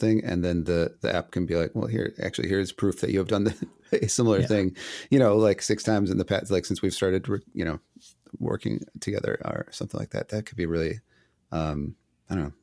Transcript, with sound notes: And then the app can be like, well, here. Actually, here's proof that you have done (laugh) a similar thing, you know, like six times in the past, like, since we've started, you know, working together, or something like that, that could be really, I don't know.